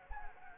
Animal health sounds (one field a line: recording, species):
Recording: mosquito wingbeat signal from an infrared sensor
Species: Anopheles arabiensis